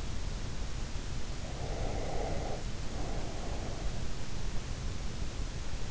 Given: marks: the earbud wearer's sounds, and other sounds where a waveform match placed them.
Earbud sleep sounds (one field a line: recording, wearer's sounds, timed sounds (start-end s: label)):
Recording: sounds in sleep by an in-ear microphone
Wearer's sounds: breath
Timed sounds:
1.57-3.77 s: breath